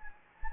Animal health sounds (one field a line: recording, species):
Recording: mosquito wingbeat signal from an infrared sensor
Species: Anopheles gambiae